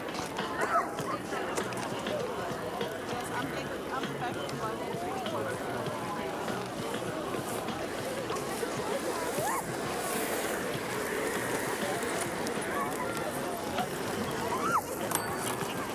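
Hundreds of people go about their activities on Berlin's Tempelhofer Freiheit, a steady dense murmur of voices with occasional brief higher calls or squeaks.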